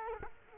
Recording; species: mosquito wingbeat signal from an infrared sensor; Culex quinquefasciatus